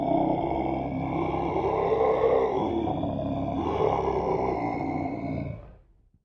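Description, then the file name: Dog growl, a low, rough, continuous rumble held for about five seconds before fading out abruptly. "Scary Dog Growl"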